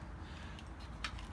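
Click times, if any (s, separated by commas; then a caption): 1.0 s. A plastic friction peg is pushed up from the bottom into a pinewood derby car painting handle with a little shove against the tabletop. Over a low background rumble, it pops into place with a faint click at 1.0 s, and softer ticks come just before and after. The peg is locked in and seated.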